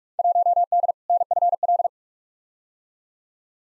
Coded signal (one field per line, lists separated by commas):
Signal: Morse code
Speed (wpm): 42 wpm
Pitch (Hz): 700 Hz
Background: none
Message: 1D NFL